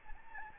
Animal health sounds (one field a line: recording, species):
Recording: mosquito wingbeat signal from an infrared sensor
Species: Aedes albopictus